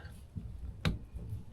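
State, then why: Seated. A spark plug wire boot is pushed down onto the spark plug terminal and rotated slightly so it fits all the way around the plug. Under low background rumble, a single sharp click at 0.8 seconds marks the boot snapping on and seating fully on the plug.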